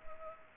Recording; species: mosquito wingbeat signal from an infrared sensor; Culex pipiens